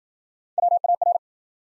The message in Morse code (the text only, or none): WAR